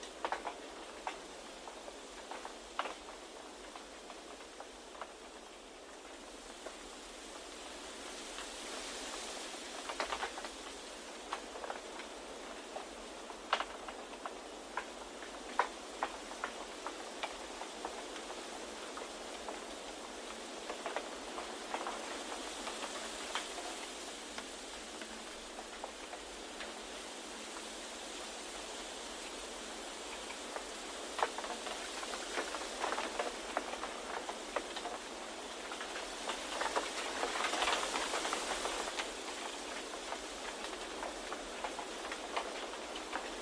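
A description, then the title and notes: Wind moves through a bamboo forest in a steady, dense rustle, with brighter surges swelling around 9, 24 and 38 seconds. Frequent short clicks and knocks, like stalks tapping together, scatter throughout, while the low end stays almost empty. Bamboo Forest Wind Sounds.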